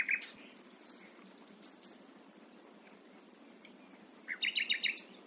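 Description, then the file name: Common nightingale singing high clear whistles and sliding notes, then fast repeated chirps at the start and end, with quiet pauses between phrases. "Luscinia megarhynchos"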